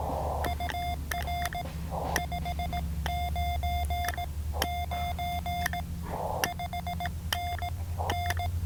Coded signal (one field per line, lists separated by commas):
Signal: Morse code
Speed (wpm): 18 wpm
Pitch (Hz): 3500 Hz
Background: none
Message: UR 599 5NN